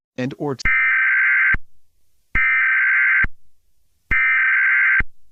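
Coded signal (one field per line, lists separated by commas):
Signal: Emergency Alert System (SAME) tones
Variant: header bursts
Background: speech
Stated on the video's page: Fictional EAS scenario, not a real broadcast.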